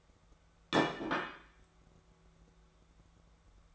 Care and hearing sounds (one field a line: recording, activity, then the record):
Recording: daily activity, microphone in the room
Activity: place plate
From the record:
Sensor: 3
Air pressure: 1015.0 hPa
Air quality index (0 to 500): 209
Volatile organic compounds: 34 ppm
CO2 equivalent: 3047 ppm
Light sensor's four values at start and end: 34/83/36/39 and 31/76/33/35